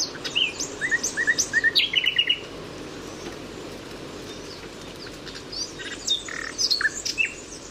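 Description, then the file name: Common nightingale singing varied chirps and short whistled notes in quick groups, pausing, then resuming with scattered high notes. "Luscinia megarhynchos"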